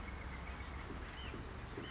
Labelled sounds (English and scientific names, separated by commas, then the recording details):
White-breasted Nuthatch (Sitta carolinensis)
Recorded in Sonoma County, California